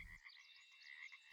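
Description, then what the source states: Pacific treefrogs calling in a busy chorus of quick repeated croaks, overlaid by scattered high notes, with music briefly at start and end. Nature recording used as background music.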